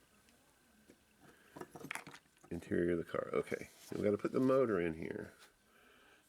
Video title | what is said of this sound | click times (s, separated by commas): Hot Wheels Sweet 16 Light My Firebird Restoration | these Interiors the firewall just snaps over the um interior | 1.9 s